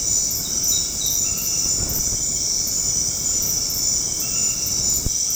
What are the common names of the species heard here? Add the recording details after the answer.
none. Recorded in dense forest near Puerto Asís, Putumayo, Colombia, on 21 February 2024 at 23:30. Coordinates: 0.485, -76.318. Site G6408